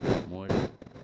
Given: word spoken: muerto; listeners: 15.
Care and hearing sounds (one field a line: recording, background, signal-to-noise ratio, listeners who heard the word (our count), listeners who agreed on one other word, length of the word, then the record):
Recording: one Spanish word in noise, from a listening test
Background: noise modulated by one talker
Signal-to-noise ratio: -10.3 dB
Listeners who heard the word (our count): 2 of 15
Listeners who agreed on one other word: 9 of 15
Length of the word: 0.64 s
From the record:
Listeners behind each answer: 9, 2, 1, 1, 1, 1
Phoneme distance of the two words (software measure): 10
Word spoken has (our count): 2 syllables, 6 phonemes, stress on syllable 1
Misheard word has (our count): 2 syllables, 6 phonemes, stress on syllable 1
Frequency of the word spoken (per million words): 97.11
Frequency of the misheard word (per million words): 277.53